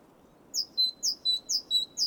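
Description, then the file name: Great tit repeating a two-note see-saw phrase about three and a half times, a high note then a lower whistled note, steady rhythm. "Parus major"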